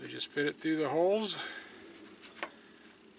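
A new rubber primer bulb is being fitted through the holes in the plastic cover of a Craftsman snowblower engine while someone talks. Brief handling rustles and a sharp tap near 2.4 s follow the speech. Nothing has seated or clicked yet.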